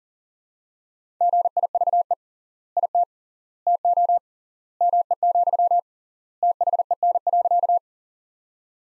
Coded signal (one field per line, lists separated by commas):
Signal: Morse code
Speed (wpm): 37 wpm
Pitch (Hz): 700 Hz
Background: none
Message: GIVE IT TO ME, THEN.